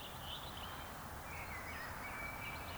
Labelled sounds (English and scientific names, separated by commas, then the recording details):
Eurasian Woodcock (Scolopax rusticola) whistle
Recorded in Baden-Württemberg, Germany, on 3 June 2021 at 19:31 UTC
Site 45499, 200 m above sea level